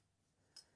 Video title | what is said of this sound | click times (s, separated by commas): Saffire Grills mini tabletop fire pit. | and it kind of locks in place | 0.6 s